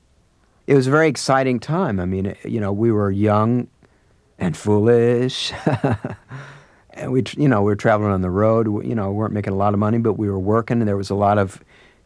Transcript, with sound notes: It was a very exciting time. I mean, you know, we were young and foolish (laughter). And we - you know, we were traveling on the road, you know, weren't making a lot of money. But we were working, and there was a lot of